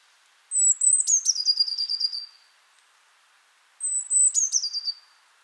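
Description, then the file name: Eurasian blue tit giving two calls, each a high thin note leading into a quick buzzy chattering scold, over a faint background hiss. "Cyanistes caeruleus"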